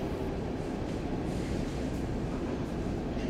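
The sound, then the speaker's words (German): A subway train runs with a steady, heavy low rumble and a faint rattling texture, its loudness constant throughout with no voices. “So drückend, dass man den Eindruck hat, die U-Bahn selbst versuche, ihr Fahren zu vertuschen.”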